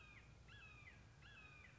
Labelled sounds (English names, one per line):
Red-shouldered Hawk